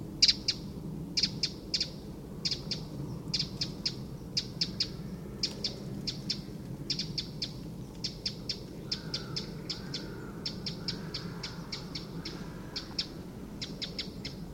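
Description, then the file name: Eurasian wren calling with hard, clicking ticks, repeated quickly in long uneven series, while a faint lower tone drifts underneath and low background hum continues. "Troglodytes troglodytes"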